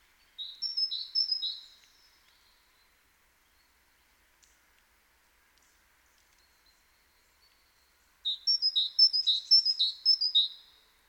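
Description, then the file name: Great tit giving a short run of sharp, high repeated notes early on, then after a long pause a longer run of similar notes near the end. "Parus major"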